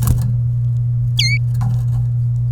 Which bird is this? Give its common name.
Domestic Canary